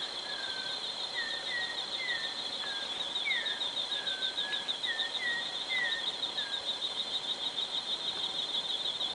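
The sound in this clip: Bird calls, a series of brief whistled slurs, with a continuous shrill insect drone and a sharp click at the end.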